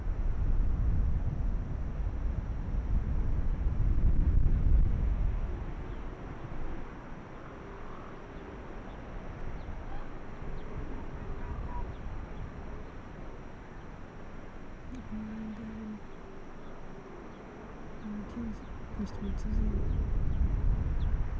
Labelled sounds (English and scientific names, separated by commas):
Arctic Fox (Vulpes lagopus)